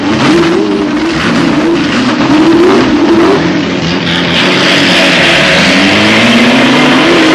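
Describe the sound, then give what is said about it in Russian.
A race car engine roars loudly and steadily as it speeds along a race track, its pitch climbing and falling through gear shifts, with a broad rushing noise over the whine of the motor. “гоночная машина несется по трассе.”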